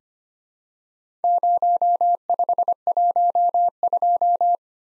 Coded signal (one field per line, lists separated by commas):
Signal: Morse code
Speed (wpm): 25 wpm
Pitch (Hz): 700 Hz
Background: none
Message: 0512